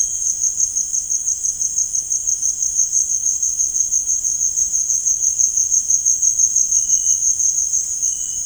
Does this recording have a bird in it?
no